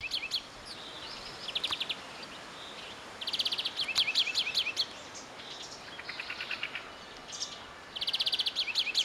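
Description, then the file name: European greenfinch uttering quick trilled twitters in several bursts, with a few scattered higher chirps between them and a constant soft background hiss. "Chloris chloris"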